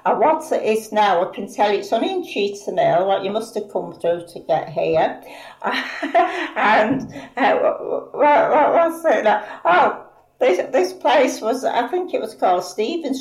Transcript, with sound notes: And what it is now I can tell you, it's only in Cheetham now, you must have come through to get here [laughs] and, what's it now, this place was I think it was called Stephen Street.